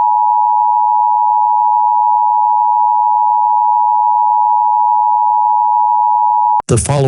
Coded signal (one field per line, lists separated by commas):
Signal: Emergency Alert System (SAME) tones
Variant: 853 and 960 Hz attention tone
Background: speech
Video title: The Ultimate Derecho - An EAS Scenario